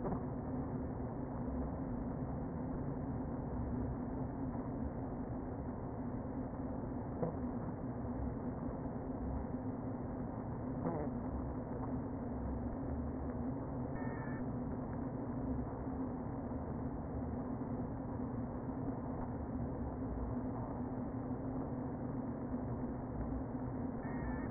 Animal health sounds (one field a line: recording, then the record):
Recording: honeybee colony, microphone inside the hive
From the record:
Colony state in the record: queen present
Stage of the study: before two queens were removed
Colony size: about 60,000 bees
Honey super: yes